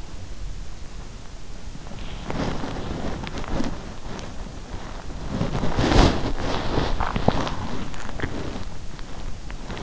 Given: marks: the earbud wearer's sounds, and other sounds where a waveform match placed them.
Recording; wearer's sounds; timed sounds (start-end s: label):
sounds in sleep by an in-ear microphone; body movement
1.09-9.83 s: body movement